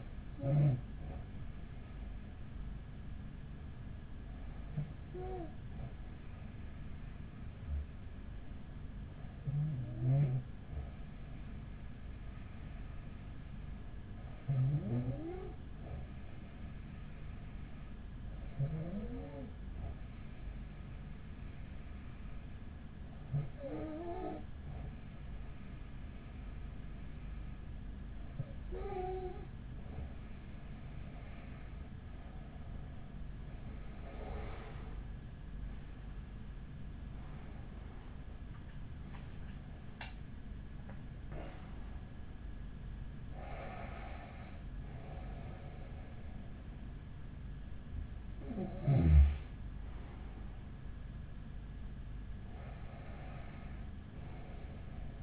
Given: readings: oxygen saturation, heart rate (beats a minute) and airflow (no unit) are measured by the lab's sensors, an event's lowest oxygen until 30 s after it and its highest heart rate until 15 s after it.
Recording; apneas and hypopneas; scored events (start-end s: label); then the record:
breathing in sleep by a smartphone at the bedside; 1
14.00-41.10 s: hypopnea (N2, oxygen 96% highest, then 95% lowest, heart rate 43 at the start, 57 highest)
34.00-55.23 s: new sleep stage, N1 (lightest sleep)
From the record:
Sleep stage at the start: N2 (light sleep); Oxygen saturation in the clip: 95 to 96%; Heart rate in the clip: 41 to 57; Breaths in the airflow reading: 13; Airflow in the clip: -8.9 to 8.5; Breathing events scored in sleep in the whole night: 207 in 7.6 hours asleep